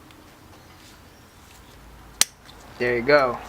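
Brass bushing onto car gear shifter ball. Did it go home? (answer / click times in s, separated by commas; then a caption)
yes / 2.2 s. A greased brass bushing is pushed onto the ball joint of a car gear shifter and snaps home with a single sharp, loud click at 2.2 s. It follows quiet low background noise, and someone talks right after, at the end of the clip. The bushing is seated on the ball.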